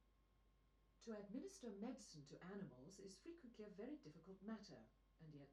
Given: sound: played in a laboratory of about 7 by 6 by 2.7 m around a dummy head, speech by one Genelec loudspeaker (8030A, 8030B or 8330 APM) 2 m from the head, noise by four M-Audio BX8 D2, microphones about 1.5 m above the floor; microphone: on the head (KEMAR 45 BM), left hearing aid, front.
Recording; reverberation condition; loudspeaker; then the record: female speech in English; low; 120 degrees to the right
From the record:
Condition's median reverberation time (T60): about 310 ms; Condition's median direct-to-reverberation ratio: about 3.5 dB